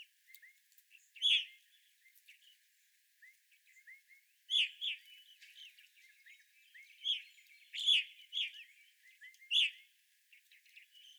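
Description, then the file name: Evening grosbeaks calling, loud ringing chirps in clusters every few seconds over softer background twittering. Several evening grosbeaks, recorded 25 April 2021. "2021-04-25 Evening Grosbeaks"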